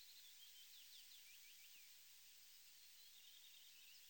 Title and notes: European Songbird Songs Calls Europäische Singvögel. Fitis. Sounds of birds from Germany, Austria, Switzerland